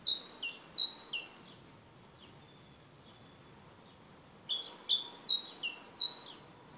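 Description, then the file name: Great tit repeating sharp two-pitched notes in quick succession, one burst at the start and another after a few seconds of near silence. "Parus major"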